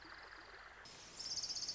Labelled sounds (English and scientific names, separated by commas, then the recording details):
Orange-crowned Warbler (Leiothlypis celata)
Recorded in Sonoma County, California